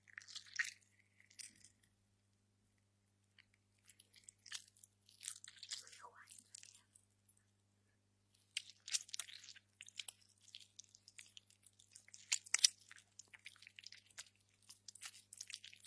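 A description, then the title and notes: Oranges are squeezed by hand in bursts of wet, crackling squelches with short pauses near two and eight seconds, over a faint low hum. Hand-squeezed orange juice.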